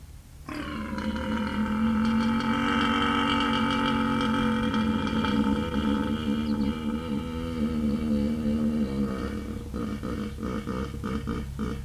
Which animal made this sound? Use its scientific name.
Elaphurus davidianus